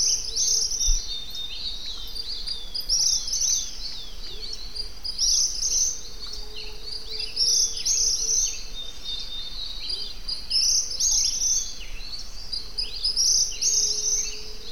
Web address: cantos suirireal